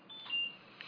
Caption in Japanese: 僕はデシエネ型筋ジストロフィーという生まれつきの進行性の難病を抱えています。 また今は電動車椅子と人工呼吸器を24時間使用しながら生活しています。 よく呼吸器のこのようなピーやフーという音が鳴りますが。